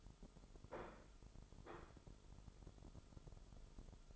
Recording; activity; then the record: daily activity, microphone in the room; place plate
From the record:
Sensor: 5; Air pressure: 988.7 hPa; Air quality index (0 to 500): 236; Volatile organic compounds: 197 ppm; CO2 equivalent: 4202 ppm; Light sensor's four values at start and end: 40/125/48/51 and 40/125/48/51